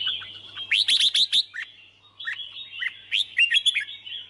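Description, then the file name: Red-whiskered bulbul giving a quick series of several loud clipped notes, then softer warbled chirps and another short burst, over faint hum. Song described as 'hót chè'. "Tieng chao mao hot che"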